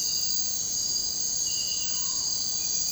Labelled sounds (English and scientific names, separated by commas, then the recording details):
none
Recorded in secondary vegetation near Puerto Asís, Putumayo, Colombia, on 13 March 2025 at 03:00
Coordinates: 0.484, -76.319
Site G010